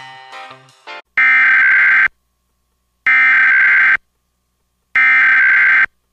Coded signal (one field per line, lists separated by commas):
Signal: Emergency Alert System (SAME) tones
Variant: header bursts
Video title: EAS Reenactment Mock: EWX Warning Alarm Test on WXK27